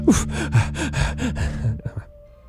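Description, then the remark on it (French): Rapid, rhythmic panting: about seven quick, breathy gasps with a slight voiced edge in steady succession, fairly loud, then trailing off into a faint lingering hum. “Oh, je suis déjà essoufflé.”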